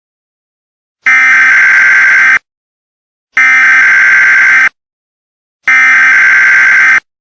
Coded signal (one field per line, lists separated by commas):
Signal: Emergency Alert System (SAME) tones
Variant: header bursts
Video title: EAS SCENARIO:apocalypse